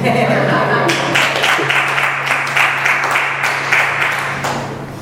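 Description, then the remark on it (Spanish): Sustained audience applause at a poetry recital, a dense wash of many hands clapping at steady loudness for about five seconds, with a low hum underneath and a slight fade near the end. “¿Aplausos?”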